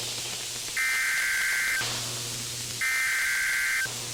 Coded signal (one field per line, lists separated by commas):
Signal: Emergency Alert System (SAME) tones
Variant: header bursts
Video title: A GREAT RECORDING METHOD... (EAS Captures from 2026-6-10 to 2026-6-11) (EAS #10 - #29)